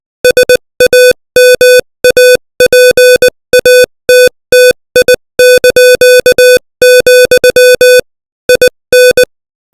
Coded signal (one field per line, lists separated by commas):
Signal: Morse code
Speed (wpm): 20 wpm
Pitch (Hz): 500 Hz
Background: music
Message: SAMAPATTI), IN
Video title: Morse Code 20 WPM : Samadhi